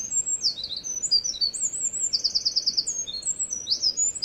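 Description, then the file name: Eurasian wren song running throughout, very high and rapid, mixing sharp chips with an even buzzing trill in the middle. "misosazai"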